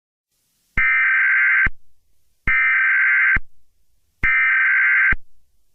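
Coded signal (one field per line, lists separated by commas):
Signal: Emergency Alert System (SAME) tones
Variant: header bursts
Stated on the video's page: Fictional EAS scenario, a simulated alert.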